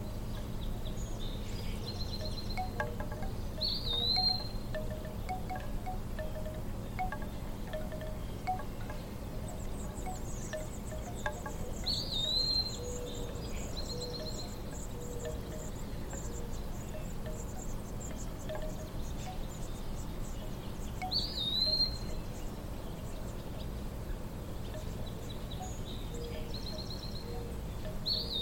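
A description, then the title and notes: Hummingbirds and bamboo chimes on a summer day, under a steady low rumble of wind. Bright, high chirps break through every few seconds, notably around 4, 12, 21 and 27 seconds, with a thin hissing buzz drifting in and out overhead. A Summer Day in the Midwest with Hummingbirds & Bamboo Chimes. The cheerful hum of hummingbirds flitting from flower to flower, their tiny wings creating a delicate melody. The bamboo chimes hanging on the porch sway gently in the breeze, producing a soothing, rhythmic tinkling that blends seamlessly with the natural orchestra.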